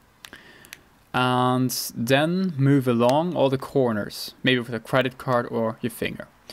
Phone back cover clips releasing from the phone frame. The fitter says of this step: now you should hear clicking sound that's how remove the back cover you should start with the SIM card tray